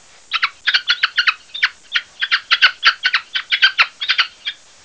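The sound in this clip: Falcon calling in a rapid series of harsh, scratchy notes with short gaps between them.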